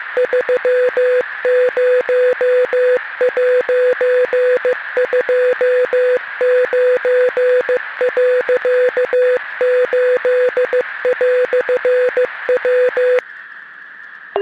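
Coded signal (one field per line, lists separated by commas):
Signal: Morse code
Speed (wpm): 15 wpm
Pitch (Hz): 500 Hz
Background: music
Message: 30'29.8"W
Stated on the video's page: Simulated maritime distress transmission from a fictional cargo ship caught in a Pacific storm off Oregon.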